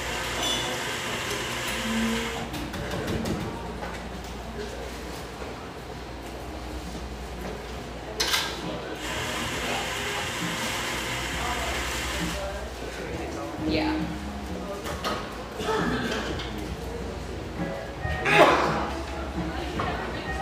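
Cafe ambience in Portland's Grant Park neighborhood, with a steady low hum and a continuous murmur of overlapping voices. Brief clattering sounds of cups or dishes cut through now and then, the loudest clink landing near the end.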